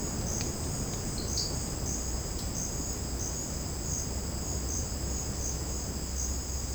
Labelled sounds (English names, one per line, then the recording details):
none
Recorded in secondary vegetation near Puerto Asís, Putumayo, Colombia, on 12 March 2025 at 11:30
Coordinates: 0.481, -76.318
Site G097